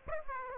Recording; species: mosquito wingbeat signal from an infrared sensor; Aedes aegypti